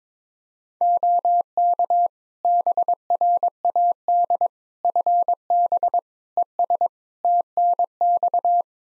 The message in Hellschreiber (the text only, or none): none